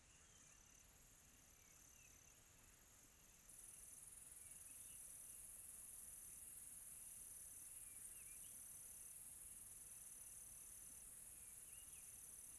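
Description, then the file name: Cricket trill holding one high steady pitch, broken by brief pauses, with a shrill pulsing layer above it early on and sparse soft chirps. Quiet tropical night. "quiet tropical night with cricket"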